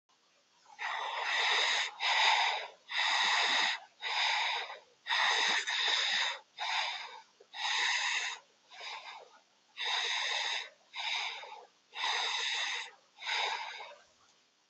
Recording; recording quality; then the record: shallow breathing; excellent, no background noise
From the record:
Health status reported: healthy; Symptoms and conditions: none ticked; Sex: female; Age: 41 years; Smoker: not ticked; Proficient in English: yes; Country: India